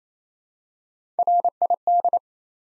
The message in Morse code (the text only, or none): RID